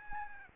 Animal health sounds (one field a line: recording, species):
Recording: mosquito wingbeat signal from an infrared sensor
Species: Aedes albopictus